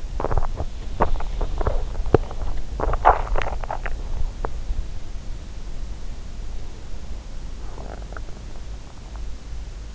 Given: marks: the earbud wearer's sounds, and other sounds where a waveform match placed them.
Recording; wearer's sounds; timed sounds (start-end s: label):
sounds in sleep by an in-ear microphone; body movement, teeth grinding, swallowing
0.00-4.00 s: body movement
3.33-4.54 s: teeth grinding
7.75-8.30 s: swallowing